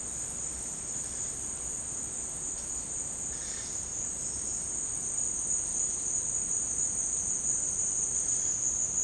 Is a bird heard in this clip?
no